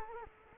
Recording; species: mosquito wingbeat signal from an infrared sensor; Culex quinquefasciatus